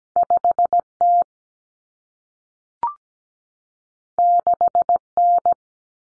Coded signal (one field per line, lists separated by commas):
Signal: Morse code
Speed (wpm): 17 wpm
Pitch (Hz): 700 Hz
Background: none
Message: 5T 6N